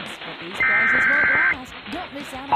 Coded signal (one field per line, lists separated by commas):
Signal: Emergency Alert System (SAME) tones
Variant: header bursts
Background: speech